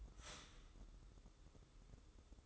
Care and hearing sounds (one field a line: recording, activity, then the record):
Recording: daily activity, microphone in the room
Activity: start toaster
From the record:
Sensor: 3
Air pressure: 995.2 hPa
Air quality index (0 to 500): 73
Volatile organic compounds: 5 ppm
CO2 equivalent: 1710 ppm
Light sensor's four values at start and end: 18/54/23/20 and 18/54/23/20